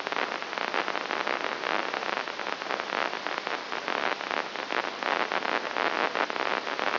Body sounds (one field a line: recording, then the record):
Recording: brain microelectrode recording played as sound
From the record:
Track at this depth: inside the subthalamic nucleus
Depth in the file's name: 2.301 mm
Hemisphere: right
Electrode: 3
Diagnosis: Parkinson's disease